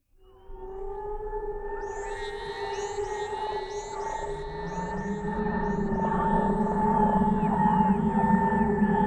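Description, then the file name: Whale calls: sustained humming tones, a slow upward sweep in the low range, and a run of short, high, repeated chirping upsweeps. "Digitnoise - Whales"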